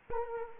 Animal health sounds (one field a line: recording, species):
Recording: mosquito wingbeat signal from an infrared sensor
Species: Culex quinquefasciatus